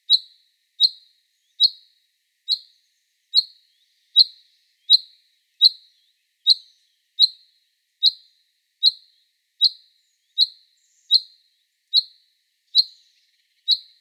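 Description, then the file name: Common chaffinch giving a bright clipped note over and over, many calls in an otherwise quiet background. "Fringilla coelebs"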